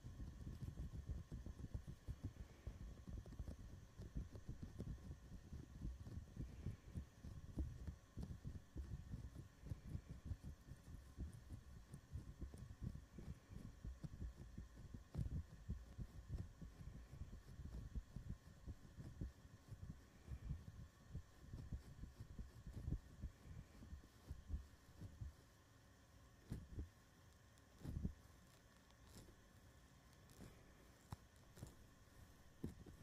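Fingers touch and rub a microphone and its covers, giving a dense run of soft, low thumps and muffled scuffs over a faint steady hum. The handling is busy for most of the clip, then thins out after about 25 seconds into a few isolated bumps.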